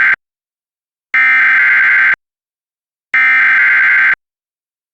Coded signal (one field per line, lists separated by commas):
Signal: Emergency Alert System (SAME) tones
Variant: header bursts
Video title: EAS Tornado Warning for Nash and Wilson Counties, NC (Spectrum TV EAS Details Channel)